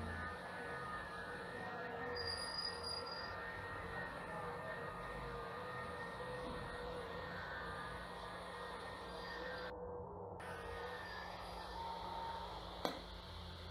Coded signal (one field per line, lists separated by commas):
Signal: FT8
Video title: Quicktest#1 : FT8 and WSJT-X test with ubitx.